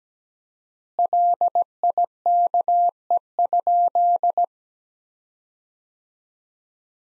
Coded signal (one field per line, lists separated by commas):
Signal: Morse code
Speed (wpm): 17 wpm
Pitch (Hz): 700 Hz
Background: none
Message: LIKE?